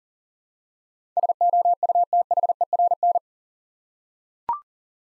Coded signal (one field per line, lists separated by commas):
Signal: Morse code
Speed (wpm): 39 wpm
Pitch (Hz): 700 Hz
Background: none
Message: SOUTHERN